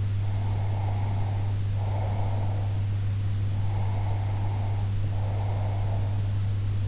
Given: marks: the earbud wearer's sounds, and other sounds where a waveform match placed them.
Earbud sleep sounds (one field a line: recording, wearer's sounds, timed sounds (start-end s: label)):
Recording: sounds in sleep by an in-ear microphone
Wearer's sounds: breath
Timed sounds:
0.21-2.84 s: breath
3.53-6.24 s: breath